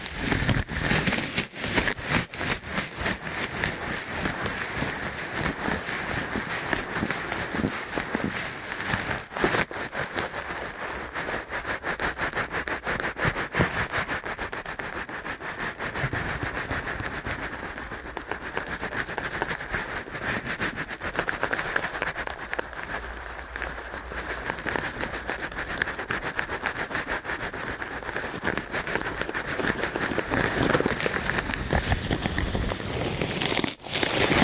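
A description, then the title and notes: Rapid ear cleaning produces a dense, continuous run of scratchy crackles and rustles that never pauses across the whole stretch. The texture is bright and hissy, with fast irregular clicks packed tightly together and only small shifts in loudness, briefly sharper near the end. ASMR Ear Cleaning at Helicopter Speed.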